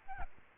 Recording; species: mosquito wingbeat signal from an infrared sensor; Aedes albopictus